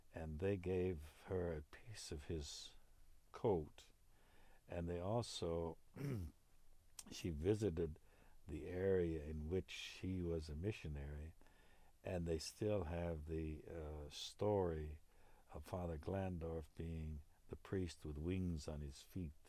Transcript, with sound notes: And they gave her a piece of his coat. And they also, (he clears his throat) she visited the area in which he was a missionary and they still have the story of Father Glandorf being "the priest with wings on his feet"